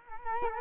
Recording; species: mosquito wingbeat signal from an infrared sensor; Culex quinquefasciatus